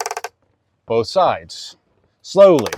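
A light panel on a door stand is lifted to raise its height, working the stand's height-adjustment ratchet latch. A quick run of short, sharp ticks is heard in the first quarter second, followed by someone talking. Nothing has clicked into place or seated yet by the end of the clip.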